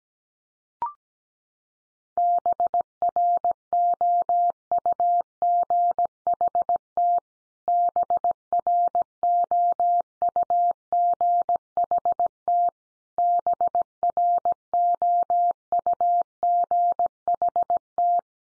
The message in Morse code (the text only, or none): BROUGHT BROUGHT BROUGHT